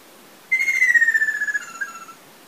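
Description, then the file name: Ruddy kingfisher song: one long, whistled trill that slides steadily downward for about one and a half seconds, then fades, against quiet background hiss. Recorded 30 May 2010. "akashobin 100530"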